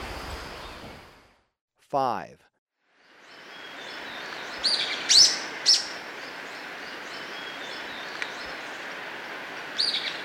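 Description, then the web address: Golden-crowned flycatcher giving a few sharp, high squeaky notes after a brief sweeping sound, over hissing background noise. Ecuador. "Birds of Ecuador. Golden-crowned Flycatcher"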